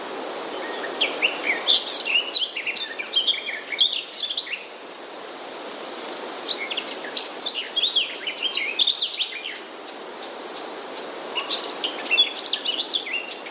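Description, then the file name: Garden warbler delivering several long outbursts of busy, high-pitched chattering and whistled notes, each separated by brief quiet gaps, over constant faint background noise. "gajowka"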